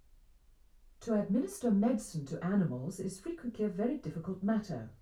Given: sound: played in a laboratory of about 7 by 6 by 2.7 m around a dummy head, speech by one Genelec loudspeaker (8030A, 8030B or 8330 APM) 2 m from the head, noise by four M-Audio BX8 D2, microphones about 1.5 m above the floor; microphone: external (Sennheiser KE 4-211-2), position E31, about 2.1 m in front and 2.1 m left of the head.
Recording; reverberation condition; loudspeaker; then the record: female speech in English; low; 90 degrees to the left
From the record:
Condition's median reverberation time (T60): about 310 ms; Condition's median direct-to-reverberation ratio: about 3.5 dB